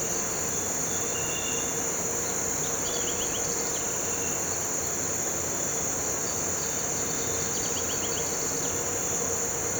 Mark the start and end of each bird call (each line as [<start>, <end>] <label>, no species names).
[2.85, 3.45] bird call
[7.60, 8.26] bird call